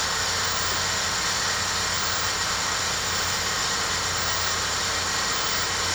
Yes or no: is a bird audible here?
no